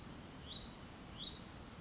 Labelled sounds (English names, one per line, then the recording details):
Hutton's Vireo
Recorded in Sonoma County, California